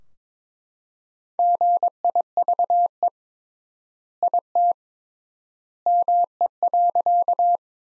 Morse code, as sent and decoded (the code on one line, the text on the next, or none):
--. .. ...- . / .. - / -- . .-.-.-
GIVE IT ME.